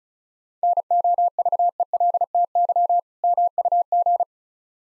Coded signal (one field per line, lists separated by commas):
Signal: Morse code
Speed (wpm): 36 wpm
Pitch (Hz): 700 Hz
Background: none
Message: NOVELTY MUG